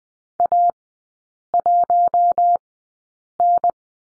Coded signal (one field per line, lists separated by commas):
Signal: Morse code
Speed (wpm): 20 wpm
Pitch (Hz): 700 Hz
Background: none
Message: A1N